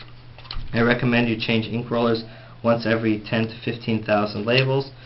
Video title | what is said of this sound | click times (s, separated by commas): Contact Garvey Style Pricing Gun Instructions and Maintenance | simply going to put it back in place and then push down until it snaps back into place | 0.5 s